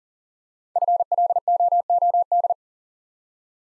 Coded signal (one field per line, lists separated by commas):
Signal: Morse code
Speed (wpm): 39 wpm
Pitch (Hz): 700 Hz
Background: none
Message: FLOOD